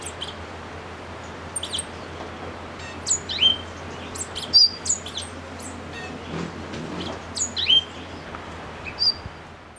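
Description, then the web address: Orange-bellied euphonia song: scattered high chirps and short sharp notes, irregular and spread across ten seconds, above a low steady hum. Recorded in Ecuador. "Natures Songs S America Birds of Ecuador Orange-Bellied Euphonia"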